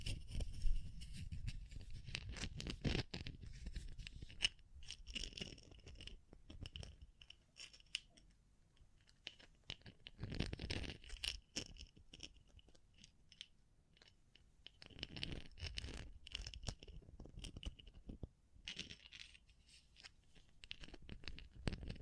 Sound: Tapping, Scratching, Brushing, Crinkles